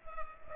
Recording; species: mosquito wingbeat signal from an infrared sensor; Culex pipiens